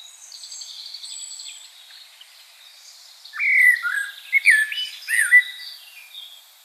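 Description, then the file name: Common blackbird song: after faint high notes, a few mellow, looping fluted warbles with short squeaky endings. "Turdus merula"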